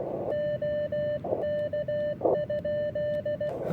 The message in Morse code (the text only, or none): OK?